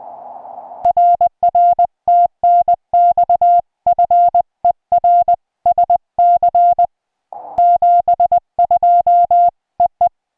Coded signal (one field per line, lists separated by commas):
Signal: Morse code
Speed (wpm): 20 wpm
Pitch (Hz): 690 Hz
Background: music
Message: RR TNX FER SC 72 EE